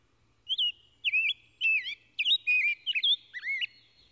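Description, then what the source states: Rose-breasted Grosbeak singing a bright, flowing warble of slurred whistled notes that swoop up and down, in several quick phrases. A strong, vivacious strain, a bright noonday song, full of health and assurance; a richly modulated warble from the top of a birch; he keeps singing as the observer approaches.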